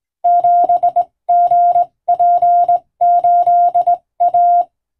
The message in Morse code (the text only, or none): 7GP8A